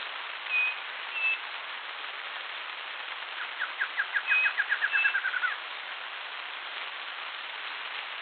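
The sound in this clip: Bird calls: two short high whistles, then a rapid run of many notes gently falling in pitch, with two more whistles over it, against steady hiss.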